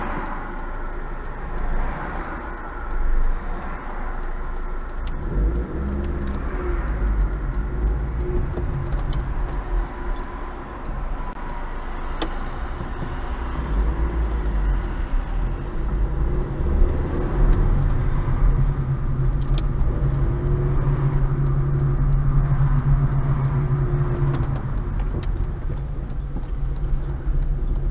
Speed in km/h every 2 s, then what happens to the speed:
0, 0, 1, 9, 7, 0, 0, 7, 18, 20, 24, 24, 12, 12.
0-4 standing. 4-6 pulls away to 9. 6-9 slows to 0. 9-12 standing. 12-20 pulls away to 24. 22-25 brakes to 12.